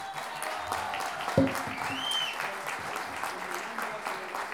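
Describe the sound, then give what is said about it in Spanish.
An audience claps steadily for Chilean payadores, a dense patter of many hands forming a continuous wash of applause, with a brief louder thump partway through and a faint whistle-like tone rising above the clapping. “Primero que nada, vamos a partir con un aplauso para los payadores y payadoras chilenas.”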